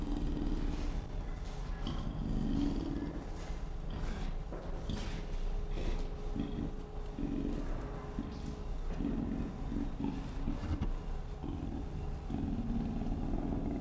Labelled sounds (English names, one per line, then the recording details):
Leopard
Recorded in captivity
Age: adult
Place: Zoo Berlin, Berlin, DE
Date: 1959-08-21
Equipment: Reporter (Vollspur)
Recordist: TSA
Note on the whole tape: Im Raubtierhaus. Schwarzer Panther: Knurren und Fauchen gegen ein ruhig hingehaltenes Mikrofon. Abstand 0,6 m. Aufnahmezeit: 9.00-9.30 Uhr